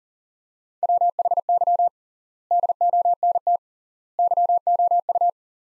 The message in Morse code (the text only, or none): WHY DONT YOU